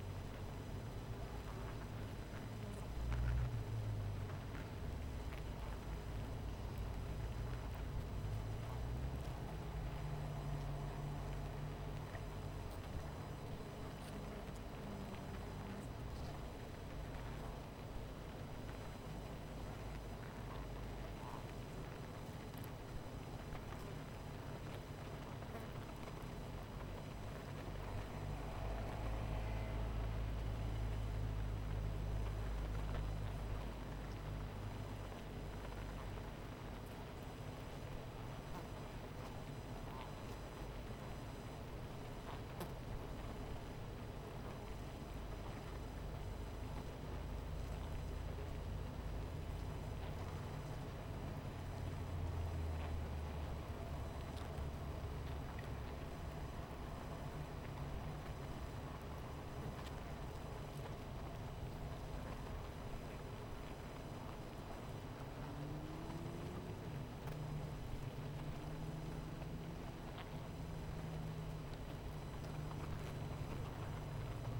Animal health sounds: honeybee colony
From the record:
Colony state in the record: missing queen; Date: 14 July 2017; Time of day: 18:03

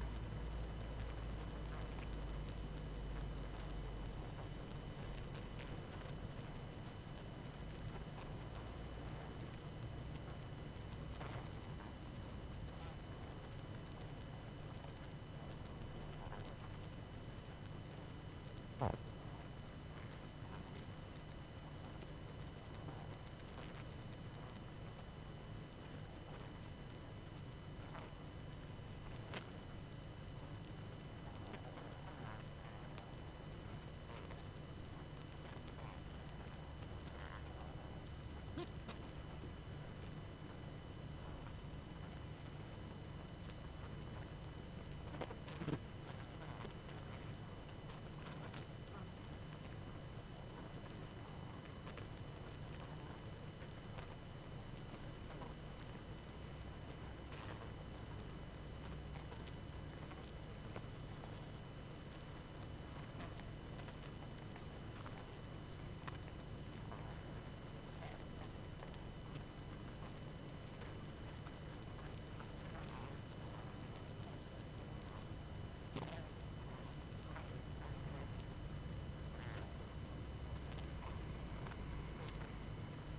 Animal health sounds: honeybee colony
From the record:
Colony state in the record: active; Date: 12 June 2018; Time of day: 20:06

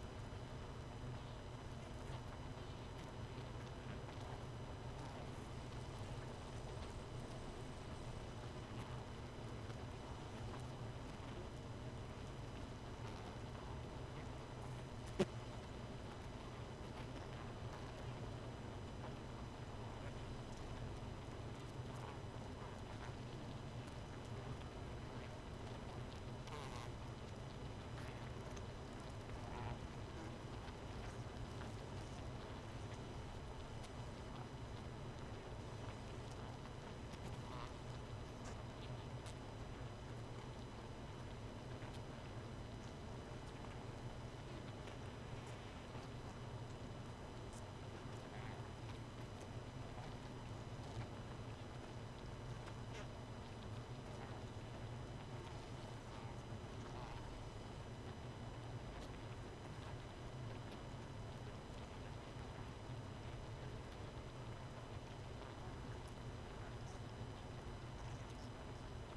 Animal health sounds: honeybee colony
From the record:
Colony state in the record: missing queen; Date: 31 May 2018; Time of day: 1:48

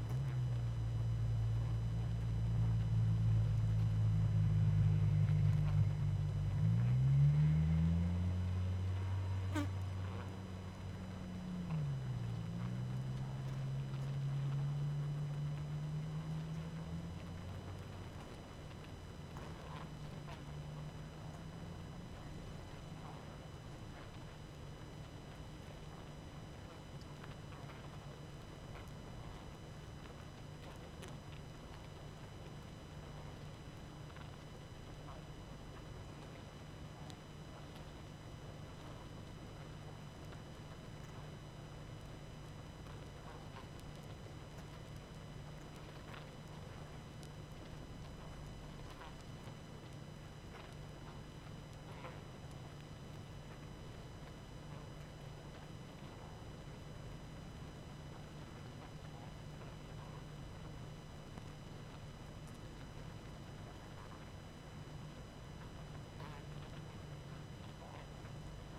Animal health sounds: honeybee colony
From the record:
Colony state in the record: active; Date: 12 June 2018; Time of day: 21:24

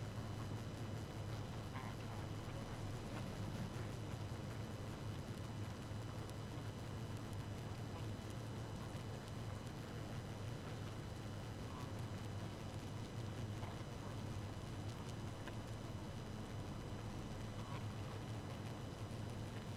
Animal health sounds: honeybee colony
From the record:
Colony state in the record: active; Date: 12 June 2018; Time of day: 0:56

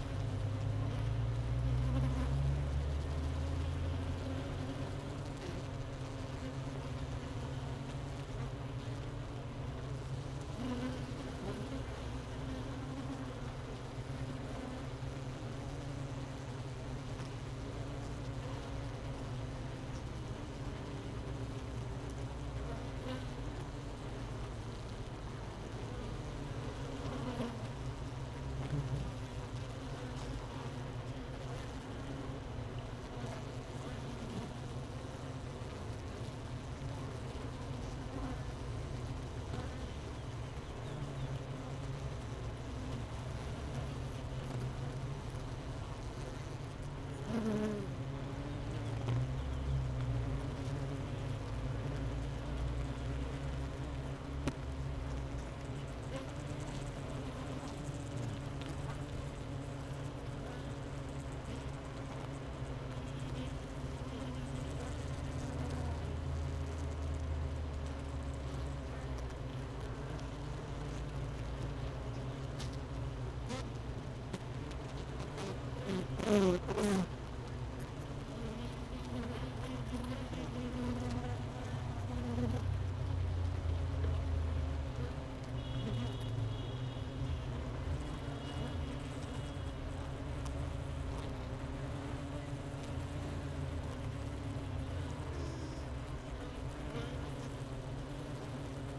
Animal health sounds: honeybee colony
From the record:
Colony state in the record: missing queen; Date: 31 May 2018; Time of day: 13:16

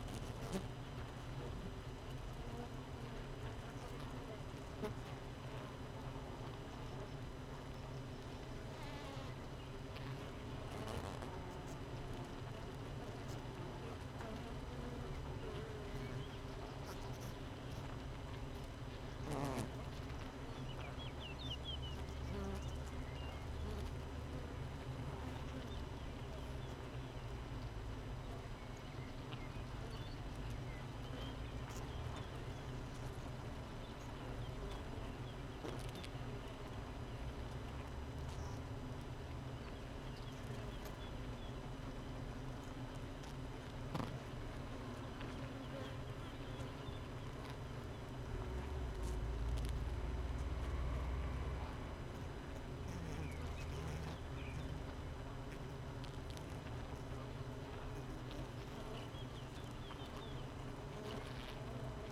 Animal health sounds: honeybee colony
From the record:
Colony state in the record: missing queen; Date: 31 May 2018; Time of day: 6:47

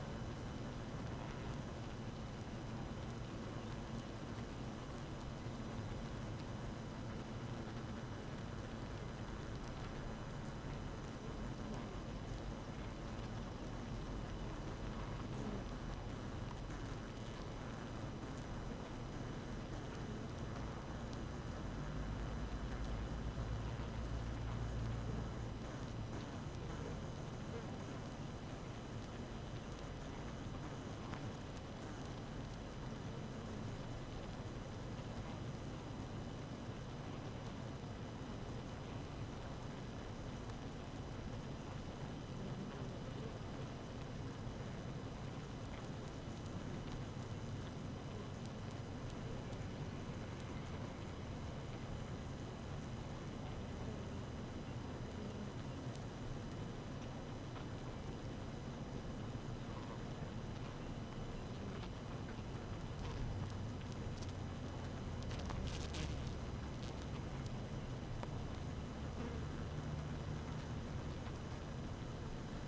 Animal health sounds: honeybee colony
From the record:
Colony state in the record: active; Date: 12 June 2018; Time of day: 6:20

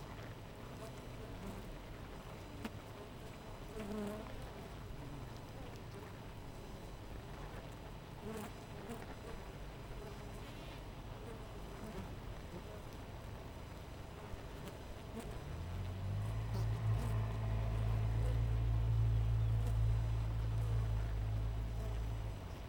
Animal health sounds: honeybee colony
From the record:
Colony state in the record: missing queen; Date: 14 July 2017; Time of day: 6:40

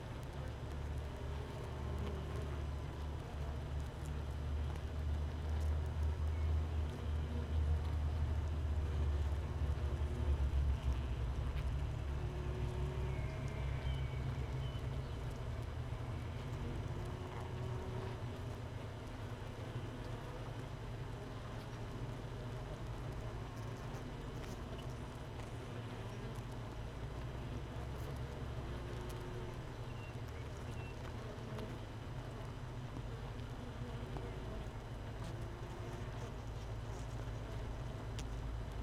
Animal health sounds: honeybee colony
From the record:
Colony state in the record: missing queen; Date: 31 May 2018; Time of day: 15:05

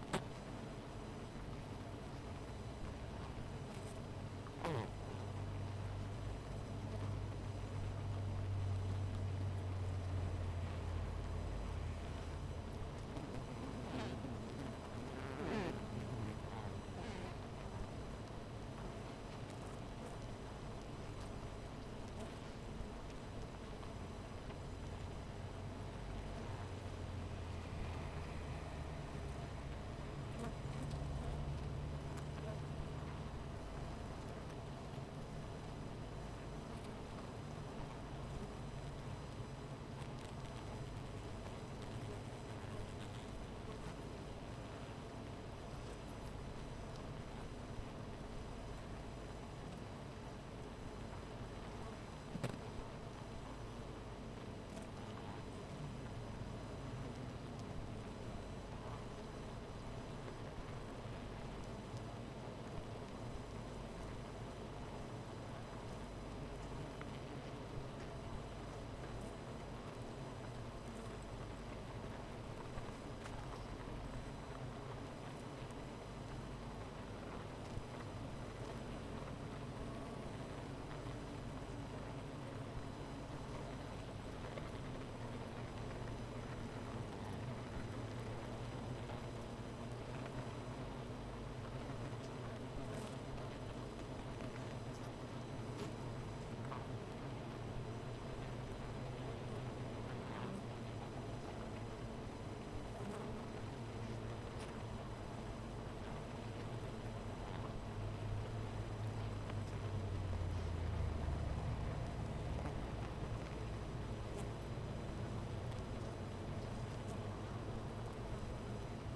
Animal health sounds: honeybee colony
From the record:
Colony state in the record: missing queen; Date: 14 July 2017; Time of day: 13:44

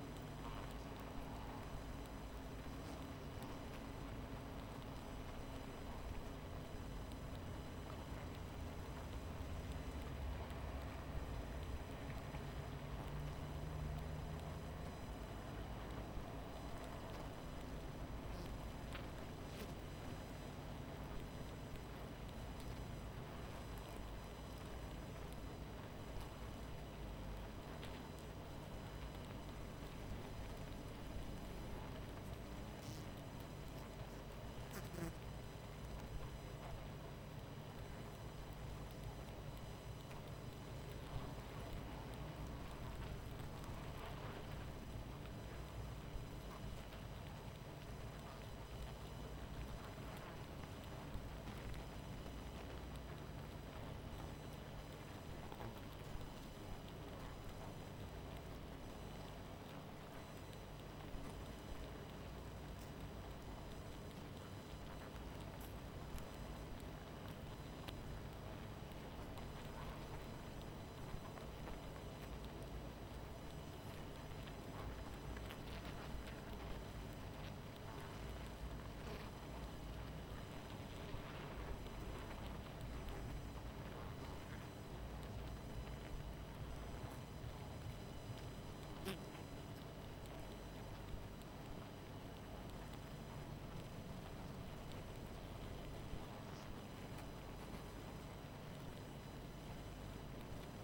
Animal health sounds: honeybee colony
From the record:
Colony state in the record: missing queen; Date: 14 July 2017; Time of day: 23:33

